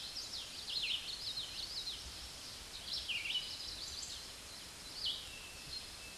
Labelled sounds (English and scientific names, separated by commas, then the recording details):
Common Yellowthroat (Geothlypis trichas) song
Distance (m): 30 m
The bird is about 10 m above the microphone
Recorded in a Pennsylvania forest on 16 May 2024 at 06:29
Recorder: AudioMoth, point MSD-2201
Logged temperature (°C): 15.5 °C
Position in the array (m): 156 m, 85 m